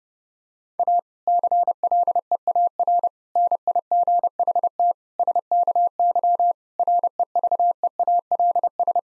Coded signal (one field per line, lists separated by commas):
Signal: Morse code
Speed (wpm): 30 wpm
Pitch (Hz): 700 Hz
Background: none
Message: A CLEAR NIGHT SKY REVEALS